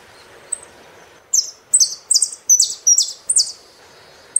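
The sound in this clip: Saffron finch song: six or seven emphatic downslurred whistles given in quick, slightly irregular succession, with a faint chirp before and after.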